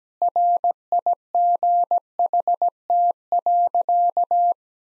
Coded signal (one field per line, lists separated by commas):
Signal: Morse code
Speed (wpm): 17 wpm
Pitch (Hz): 700 Hz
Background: none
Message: RIGHT.